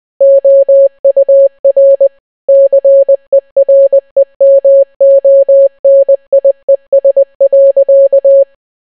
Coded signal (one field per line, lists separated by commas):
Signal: Morse code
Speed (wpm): 20 wpm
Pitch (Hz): 550 Hz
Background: none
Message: OUR CEREMONIES.